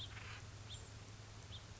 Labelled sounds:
House Finch (Haemorhous mexicanus)
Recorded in Sonoma County, California

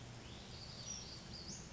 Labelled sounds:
Western Flycatcher (Empidonax difficilis)
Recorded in Sonoma County, California

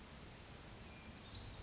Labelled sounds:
Western Flycatcher (Empidonax difficilis)
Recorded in Sonoma County, California

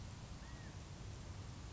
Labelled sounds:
California Quail (Callipepla californica)
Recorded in Sonoma County, California

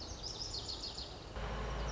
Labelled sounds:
Lazuli Bunting (Passerina amoena)
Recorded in Sonoma County, California

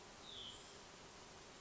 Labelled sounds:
Hutton's Vireo (Vireo huttoni)
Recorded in Sonoma County, California

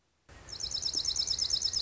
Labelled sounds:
Dark-eyed Junco (Junco hyemalis)
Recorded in Sonoma County, California

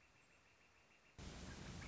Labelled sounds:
Northern Flicker (Colaptes auratus)
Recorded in Sonoma County, California

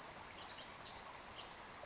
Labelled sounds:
Pacific Wren (Troglodytes pacificus)
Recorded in Sonoma County, California

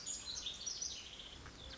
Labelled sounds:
Lazuli Bunting (Passerina amoena)
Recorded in Sonoma County, California

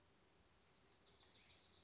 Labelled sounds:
Wilson's Warbler (Cardellina pusilla)
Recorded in Sonoma County, California

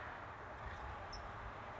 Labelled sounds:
California Towhee (Melozone crissalis)
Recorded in Sonoma County, California

